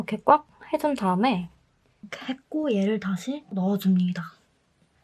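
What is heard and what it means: After RAM is installed in a 2019 27-inch iMac, the memory cage is pushed back into place in the desktop computer while someone talks. Speech fills most of the clip, with a faint brief sound near 5.0 s. The clip ends before the cage goes home, and nothing has seated or clicked yet.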